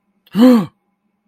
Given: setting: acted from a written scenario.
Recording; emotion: vocal sound without words; negative surprise